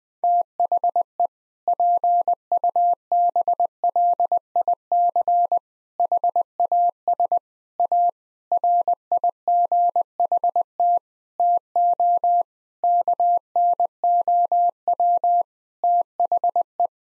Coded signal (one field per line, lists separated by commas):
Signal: Morse code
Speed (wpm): 20 wpm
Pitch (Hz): 700 Hz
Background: none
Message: THE PUBLIC HAS A RIGHT TO KNOW THE